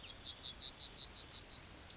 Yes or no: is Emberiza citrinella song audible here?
yes